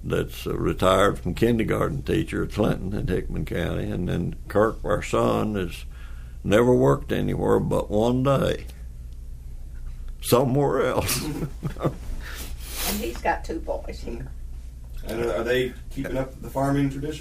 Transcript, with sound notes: that’s retired from kindergarten teacher, in Clinton, in Hickman County and then Kirk, our son has never worked anywhere but one day somewhere else [laughter]
And he’s got two boys here.
Are they, are they keeping up the farming tradition?